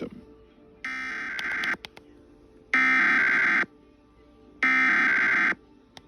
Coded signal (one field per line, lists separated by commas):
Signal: Emergency Alert System (SAME) tones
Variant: header bursts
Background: speech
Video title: Kentucky’s RMT on 92.5 WBKR (EAS #79)